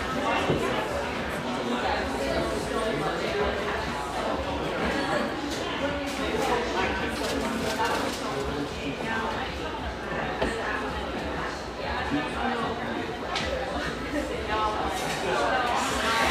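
Steady crowd chatter fills a mellow exposed-brick spot frequented by railyard staff, many voices overlapping with no pause. Brief clinks and sharp clatters of dishes or cutlery break through now and then, especially around six to nine seconds and again near thirteen.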